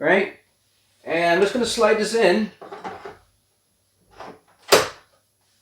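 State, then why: Seated. Someone talks while sliding the right plastic foot, with its small bottom bump facing down, into its slot on the bottom of a Samsung TU8000 Crystal UHD 4K TV (2020) lying on its back. A soft knock at 4.2 s comes before a sharp click at 4.7 s, when the foot locks into place and won't come out.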